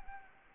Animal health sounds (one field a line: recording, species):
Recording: mosquito wingbeat signal from an infrared sensor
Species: Anopheles arabiensis